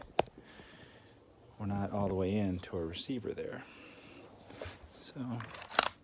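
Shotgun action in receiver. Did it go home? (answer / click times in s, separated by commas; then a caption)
yes / 5.8 s. During reassembly of a Winchester 1400 shotgun, the action is pulled back because it is not all the way into the receiver while someone talks. A brief sharp tick sounds at 0.2 s, and at 5.8 s a sharp metallic click is heard as the action locks back, seated in the receiver.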